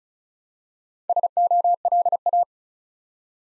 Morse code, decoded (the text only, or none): SOLA